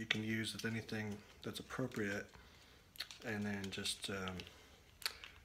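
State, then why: Seated. A quick-release phone mount, unscrewed from its quick-release plate, is pushed back into a tripod head while someone talks. A few small handling clicks come around 3.0 s, then the mount snaps in with a sharp plastic click at 5.1 s and seats.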